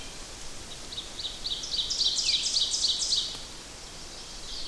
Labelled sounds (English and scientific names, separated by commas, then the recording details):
Ovenbird (Seiurus aurocapilla) song
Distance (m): 20 m
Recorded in boreal forest in Alberta, Canada, on 8 June 2016 at 06:01
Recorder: SongMeter 3, array SBT-3-9
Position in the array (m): 50 m, 107 m
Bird 33